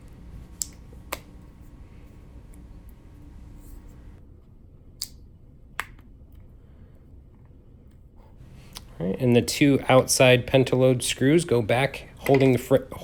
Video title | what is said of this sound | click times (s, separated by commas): iPhone 6 Front Screen Repair | the screen down inside the frame it should you should hear a little click all around all the edges to it to know that it's fully in place | 0.6 s, 1.1 s, 5.0 s, 5.8 s